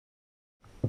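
A retaining snap ring holding a new seal in the seal bore of an 85-86 LT250R engine case is worked into its groove without snap-ring pliers. After silence, two sharp metallic ticks are heard at 0.6 s and 0.8 s, the second louder. The ring seats in its groove.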